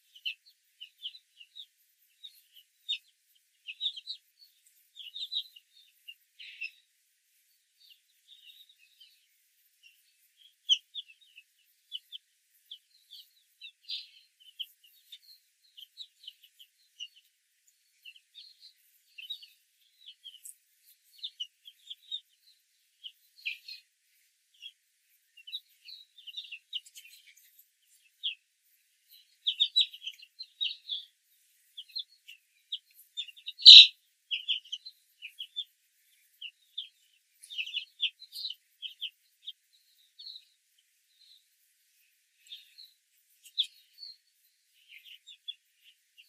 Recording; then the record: young laying hens in a cage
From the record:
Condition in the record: control cage, after the stress test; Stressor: none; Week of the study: 4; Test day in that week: 1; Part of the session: 1